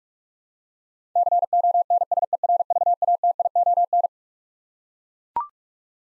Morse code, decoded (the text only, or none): CONSERVATION